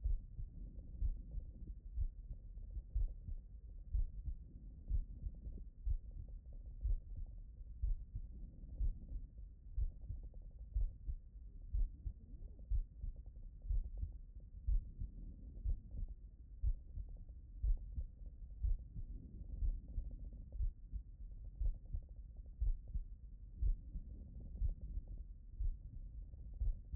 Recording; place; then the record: heart sounds by stethoscope; pulmonary valve (PV)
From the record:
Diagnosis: non-HFrEF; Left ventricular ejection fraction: 56%